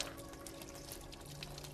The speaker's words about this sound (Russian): Открывает кран. Набирает в ладонь воду, полощет рот, выплевывает воду.